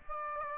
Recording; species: mosquito wingbeat signal from an infrared sensor; Aedes aegypti